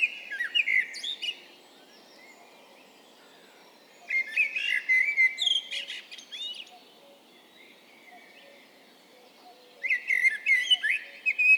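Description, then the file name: Eurasian blackbird repeating melodious warbled phrases roughly every four to six seconds, each ending in high, scratchy twitters, with quiet gaps between. "Turdus merula"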